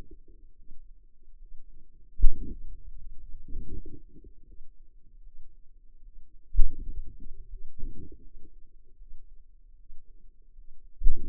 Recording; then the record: forearm muscle sounds (acoustic myography)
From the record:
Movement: hand opening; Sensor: system 2, bracelet of six BSWA MPA416 microphones around the upper forearm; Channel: 3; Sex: female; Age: 23 years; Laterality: right